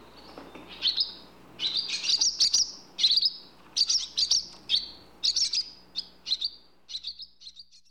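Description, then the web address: Barn swallow calls: bursts of high, buzzy chirps repeated in quick clusters, with short pauses between groups; faint low hum beneath. "bird barn swallow calls animal"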